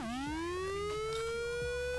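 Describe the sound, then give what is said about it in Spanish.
An emergency siren winds upward in a single long, rising wail that levels off into a steady high tone, rich with harmonics, with a low hum underneath and no talking. “Sirena de emergencia.”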